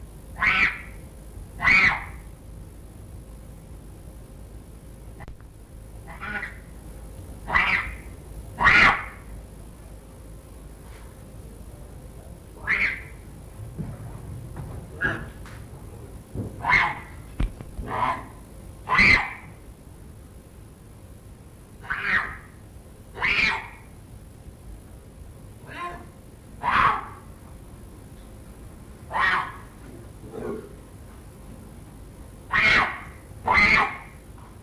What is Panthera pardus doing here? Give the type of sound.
call